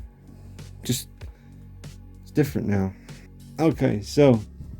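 A plastic armor accessory is handled and lined up to be pushed onto a 1986 Kenner Centurions action figure, with brief soft handling noises while someone talks over faint background music. Nothing has seated or clicked into place yet.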